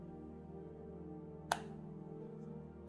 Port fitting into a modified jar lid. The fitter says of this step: snap right into place